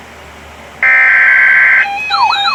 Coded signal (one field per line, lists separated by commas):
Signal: Emergency Alert System (SAME) tones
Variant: header bursts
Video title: Another One.. EAS Alerts From 8/4/2021 (EAS #786 - 797)